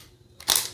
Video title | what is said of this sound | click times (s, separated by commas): SmallRig iPhone Camera Cage: The Ultimate Mobile Filmmaking Setup | Hold it open, and it snaps in. | 0.5 s